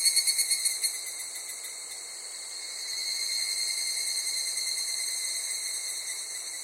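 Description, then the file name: Cicadas opening with a burst of quick rhythmic pulses, then fading into a softer, unbroken high buzzing drone that builds again from midway. Chorus of Japanese cicadas in summer at Takao, Japan. "INSECT TAKAO JAPANESE CICADAS SUMMER"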